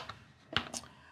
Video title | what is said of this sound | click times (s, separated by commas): PASCO 無線pH感應器入門指南 | personally I just click it like this and | 0.6 s